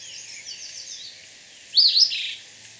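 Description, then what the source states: Caribbean elaenia giving a single harsh, slurred call that rises and falls, high-pitched, with faint chatter of other birds before it. Recorded at Gros Islet, St Lucia, on 10 June 2018.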